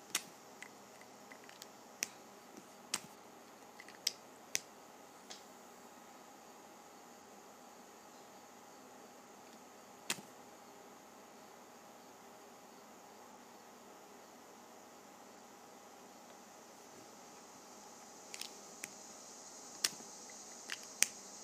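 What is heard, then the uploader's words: Sharpie caps are pulled off in sharp clicks and snaps, clustered in the first five seconds, a single louder pop near ten seconds, then another burst in the last few seconds. Between them runs a steady, soft hiss with a faint high whine. ASMR Opening Sharpies.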